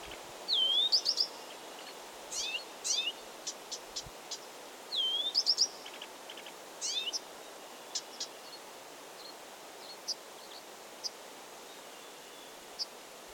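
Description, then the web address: Blyth's reed warbler song: a looping whistle with clicks, repeated after a few seconds, followed by fainter scattered high ticking notes. Recorded 16 June 2022. "fagelljud 20220616 busksangare"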